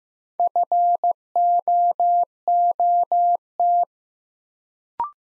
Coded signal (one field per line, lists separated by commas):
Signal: Morse code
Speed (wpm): 15 wpm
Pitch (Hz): 700 Hz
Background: none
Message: FOOT